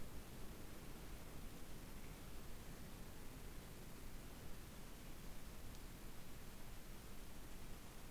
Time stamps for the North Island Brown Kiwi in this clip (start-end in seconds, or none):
none